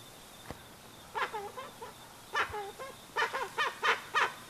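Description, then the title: Dusky-legged guan giving grouped nasal honks, with a faint steady high-pitched hum in the background. Calls of the dusky-legged guan, used as a sound to call the bird in. "Pavanegra. Pava de Monte o Pava Oscura Cantando Sonido para Llamar"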